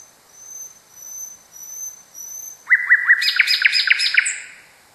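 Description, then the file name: Common nightingale song: soft, high, thin whistles, then a loud burst of rapid, sharply repeated notes. Song, variation 5. "kicauan-nightingale-a-variasi 5-omkicau"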